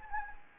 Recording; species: mosquito wingbeat signal from an infrared sensor; Anopheles gambiae